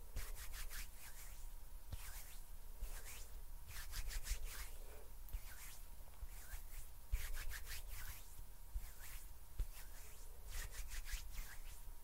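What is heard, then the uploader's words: Sticky hand sounds come in quick, uneven bursts of rubbing and peeling, bright and scratchy, packed closely throughout with no steady rhythm. A few sharp clicks, possibly finger snaps, cut through around two, seven and nine and a half seconds over a low rumble. STICKY HAND SOUNDS AND FINGER SNAPPING, FAST AND UNPREDICTABLE HAND SOUNDS, NO TALKING.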